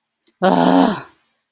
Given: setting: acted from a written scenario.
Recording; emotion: vocal sound without words; anger